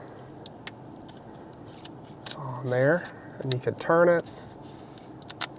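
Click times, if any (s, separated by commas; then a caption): 5.4 s. A BlackVue DR970X Plus front dashcam body is turned on its windshield mount in a 2024 Ford Mustang while someone talks, with a few light taps and handling sounds around it. The plastic rotation lock is then clicked shut with a sharp click at 5.4 s, locking the camera in place.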